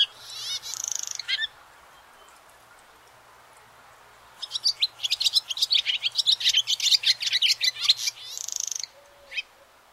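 Barn swallow song: a short twittering burst, a pause of about three seconds, then a longer run of rapid chirps and trills ending in a buzzy note.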